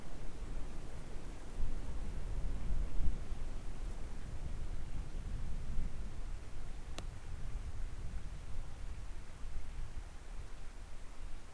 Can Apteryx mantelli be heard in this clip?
no